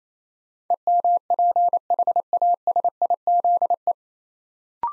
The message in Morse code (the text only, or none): EMPHASIZE